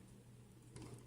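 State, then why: Not seated. A 24-pin ATX power connector is pushed one-handed into the motherboard socket, with low steady hum and a brief broadband scrape and rattle of handling around 0.8 s. The connector has not seated or clicked yet.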